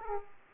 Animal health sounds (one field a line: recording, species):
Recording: mosquito wingbeat signal from an infrared sensor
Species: Aedes aegypti